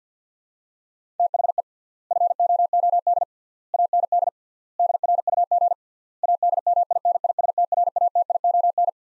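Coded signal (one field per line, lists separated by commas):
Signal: Morse code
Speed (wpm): 49 wpm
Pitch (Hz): 700 Hz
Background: none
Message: THE FOOD AND DRUG ADMINISTRATION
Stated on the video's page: Morse practice drill of five-word sets at 50 wpm with 3x word spacing, a Farnsworth-like method, each set followed by speech.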